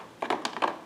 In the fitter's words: and it just has little two little tabs and you should feel it click right in next